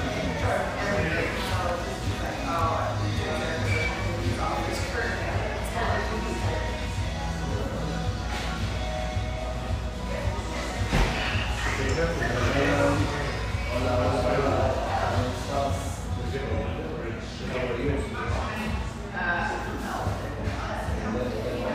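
Lively chatter fills a spacious tea room in Boise's North End, many overlapping voices forming a steady, dense murmur with scattered clinks throughout.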